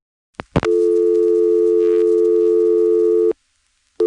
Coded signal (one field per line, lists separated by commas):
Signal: telephone call progress tone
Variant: North America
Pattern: dial tone